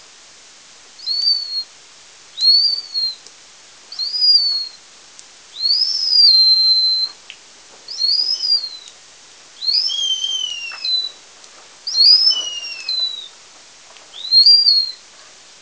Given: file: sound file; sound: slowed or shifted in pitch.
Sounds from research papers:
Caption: Example of adult BxD mouse song 1 week before lesions in laryngeally connected M1.

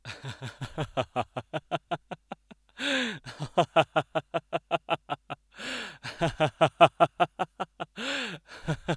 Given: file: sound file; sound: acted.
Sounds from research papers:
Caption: Exemplar of joyful laughter.

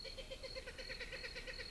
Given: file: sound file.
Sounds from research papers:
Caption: note C emitted by a Lilac-crowned Amazon.

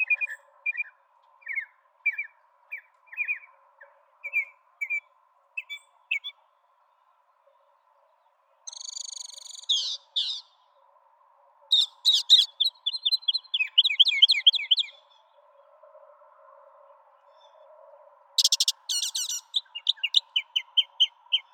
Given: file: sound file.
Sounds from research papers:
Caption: Bird B. Mockingbird song material analyzed in this exploratory analysis is from five individual birds.

